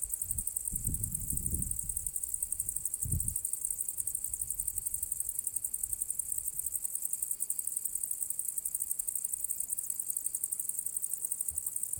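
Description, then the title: Crickets keep up a continuous rapid high trill, while low rumbling thumps sound in the first few seconds. Recorded on the southern slope of the path to the Cosilinium archaeological area, with a Zoom H6 and MSClip capsule. "Grilli e cicale a Cosilinium"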